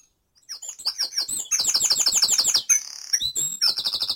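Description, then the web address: Bird singing a brisk, high-pitched stream of quick repeated notes that speeds into dense trills, with short pauses and a fresh run starting toward the end. Dawn chorus in Mold, North Wales. "beanstalk-audio Dawn Chorus in Mold North Wales"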